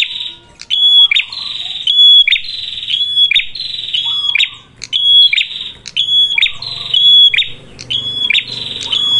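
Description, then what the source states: Prinia calls: a run of shrill whistled notes with rasping buzzes, with clicking sounds and quieter, lower sounds underneath. Red-headed prenjak (prenjak kepala merah) singing energetically (gacor), used as a lure (pancingan) for catching birds and for tutoring other birds (masteran).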